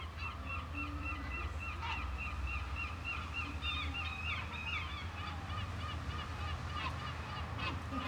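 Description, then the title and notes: Gull calls, a run of short repeated yelping notes with some overlapping callers, over a low steady rumble. Seagulls on the seafront at Mers-les-Bains, France, with waves in the distance and people passing by; recorded with DPA 4060 microphones in AB position into a Zoom F3. "66 Esp. du Général Leclerc, 80350 Mers-les-Bains, France - Seagulls and people. Mouettes, vagues dans le lointain, promeneur·euses"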